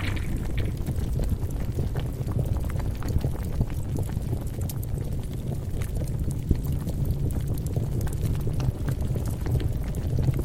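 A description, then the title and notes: Underworld ambience of lava and flame: a thick, steady low rumble with constant bubbling and crackling pops scattered densely throughout. The level holds even for the whole stretch, with one sharper snap a little past the middle. Underworld asmr ambience. Abyss of hell. Lava , flame , rockfall, monster sounds.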